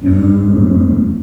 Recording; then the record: squeal of a Yucatan mini pig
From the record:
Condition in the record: after surgery on the right vocal fold (resection and tissue-engineered implant); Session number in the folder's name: 6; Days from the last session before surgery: 40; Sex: female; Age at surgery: 19 weeks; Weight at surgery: 25 kg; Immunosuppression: prednisolone